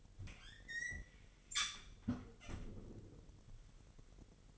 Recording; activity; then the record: daily activity, microphone in the room; close fridge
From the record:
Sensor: 4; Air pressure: 1002.9 hPa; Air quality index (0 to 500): 248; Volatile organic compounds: 19 ppm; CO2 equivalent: 2660 ppm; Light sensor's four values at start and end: 4/9/3/4 and 4/9/3/4